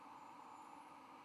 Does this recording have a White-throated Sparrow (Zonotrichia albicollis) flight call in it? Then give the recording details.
no. No flight call is heard. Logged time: 04:07 on 23 November 2014